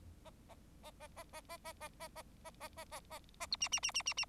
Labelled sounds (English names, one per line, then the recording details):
Bengalese Finch song
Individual Bird4